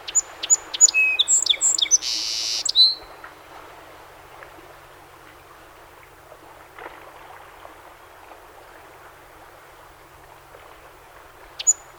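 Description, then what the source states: Song sparrow song at the start: crisp repeated notes, quick varied chips, a harsh buzz and a closing whistle, then mostly quiet background with another song beginning at the end. Recorded 7 June 2018; 21 songs.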